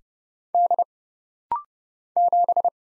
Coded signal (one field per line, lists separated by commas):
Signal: Morse code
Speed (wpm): 30 wpm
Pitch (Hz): 700 Hz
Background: none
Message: D 7